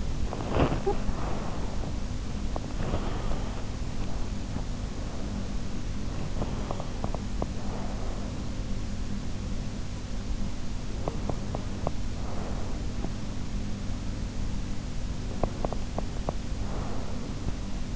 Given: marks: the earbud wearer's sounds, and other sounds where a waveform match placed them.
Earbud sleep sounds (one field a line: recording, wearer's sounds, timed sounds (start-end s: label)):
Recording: sounds in sleep by an in-ear microphone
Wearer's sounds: body movement, talking in sleep, breath, teeth grinding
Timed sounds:
0.38-2.22 s: body movement
0.76-1.38 s: talking in sleep
2.80-4.26 s: breath
6.27-7.56 s: teeth grinding
7.56-8.73 s: breath
10.95-11.99 s: teeth grinding
11.99-13.33 s: breath
15.08-16.42 s: teeth grinding
16.58-17.96 s: breath